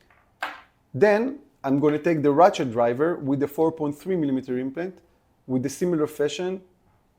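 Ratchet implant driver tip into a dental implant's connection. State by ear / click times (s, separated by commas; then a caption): not seated / none. Someone talks while picking up a ratchet implant driver to push its tip into the connection of a 4.3 mm metal dental implant. Only speech is heard. The driver has not gone home yet, and nothing has seated or clicked.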